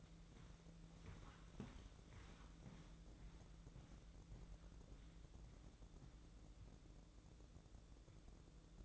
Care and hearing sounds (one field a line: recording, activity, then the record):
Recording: daily activity, microphone in the room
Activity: walk to room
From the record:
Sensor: 3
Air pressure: 1012.2 hPa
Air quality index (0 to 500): 140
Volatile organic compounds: 2 ppm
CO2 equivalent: 1071 ppm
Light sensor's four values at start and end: 142/338/140/130 and 145/348/144/134